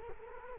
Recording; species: mosquito wingbeat signal from an infrared sensor; Culex quinquefasciatus